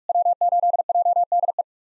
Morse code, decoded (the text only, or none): W8JDE